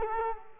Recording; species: mosquito wingbeat signal from an infrared sensor; Culex quinquefasciatus